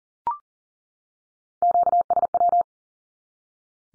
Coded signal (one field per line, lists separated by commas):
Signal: Morse code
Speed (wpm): 40 wpm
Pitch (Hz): 700 Hz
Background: none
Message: QSW